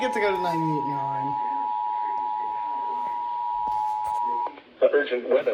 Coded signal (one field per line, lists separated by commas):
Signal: Emergency Alert System (SAME) tones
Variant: 853 and 960 Hz attention tone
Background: speech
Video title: Extreme Calamity II: Flash Flood Madness! EAS Alerts from 7/16/2026 (EAS 581-651)